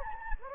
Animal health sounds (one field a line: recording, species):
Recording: mosquito wingbeat signal from an infrared sensor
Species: Anopheles gambiae